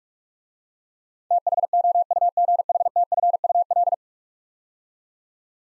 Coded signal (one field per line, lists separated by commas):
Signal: Morse code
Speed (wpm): 44 wpm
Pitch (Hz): 700 Hz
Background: none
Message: THOUGHTFUL